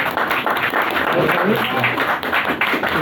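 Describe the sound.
Steady audience applause fills the whole stretch, a dense patter of many hands clapping at even loudness, with some murmured voices mixed underneath.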